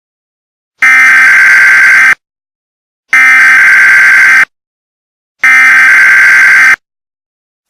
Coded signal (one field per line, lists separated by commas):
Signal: Emergency Alert System (SAME) tones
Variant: header bursts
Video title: EAS Scenario: Nuclear Trucks